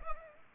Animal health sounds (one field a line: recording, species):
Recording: mosquito wingbeat signal from an infrared sensor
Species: Culex pipiens